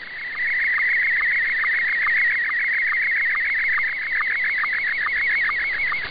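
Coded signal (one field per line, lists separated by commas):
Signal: SSTV (slow-scan television)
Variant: Scottie 1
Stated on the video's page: SSTV received via HAARP on 6900 kHz AM, with much better reception than the previous night.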